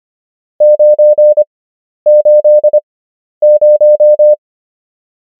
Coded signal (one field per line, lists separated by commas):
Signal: Morse code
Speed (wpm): 25 wpm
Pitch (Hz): 600 Hz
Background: none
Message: 980